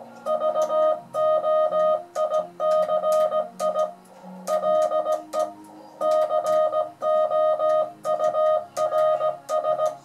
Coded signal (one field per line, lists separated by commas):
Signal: Morse code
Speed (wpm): 17 wpm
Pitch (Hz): 620 Hz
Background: music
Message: VOICI LE COURS